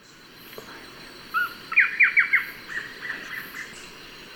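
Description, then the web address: Blackish Antbird song: an upslurred note, then a burst of sharp, downslurred notes trailing off into softer chips, over a constant high insect drone. Ecuador. "Natures Songs S America Birds of Ecuador Blackish Antbird"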